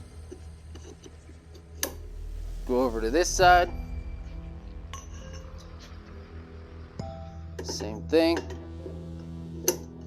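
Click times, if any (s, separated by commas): 9.7 s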